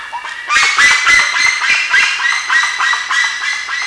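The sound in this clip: Bird calls, harsh nasal notes repeated rapidly in overlapping bursts over a steady hiss.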